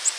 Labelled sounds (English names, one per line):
Nashville Warbler flight call